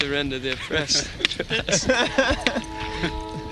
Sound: laughter

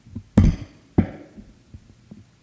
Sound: taps again on microphone

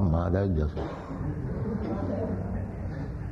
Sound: laughter

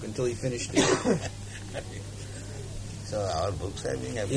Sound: laughs

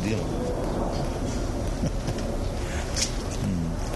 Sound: laughs

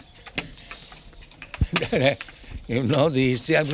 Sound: chuckles

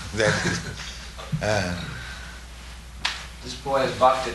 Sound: laughter

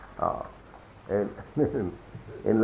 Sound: laughing

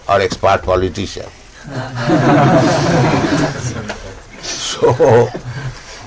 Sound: laughter

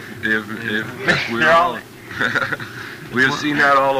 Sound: laughs

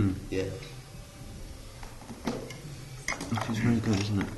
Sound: sounds of packing equipment up

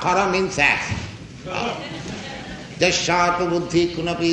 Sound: laughter

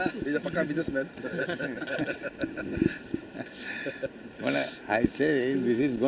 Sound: laughter

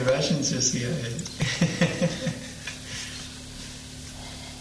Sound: laughs

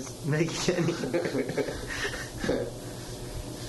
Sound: laughter

